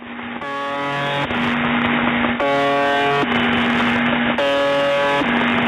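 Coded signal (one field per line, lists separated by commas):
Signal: channel marker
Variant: UVB-76, The Buzzer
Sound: three harsh, rasping buzzes about two seconds apart, over a steady low hum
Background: radio static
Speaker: the 4625 kilohertz shortwave buzzing of the UVB 76 radio station has been ongoing since 1973. occasionally sending out a string of dates and names spoken in Russian we'll now play the recording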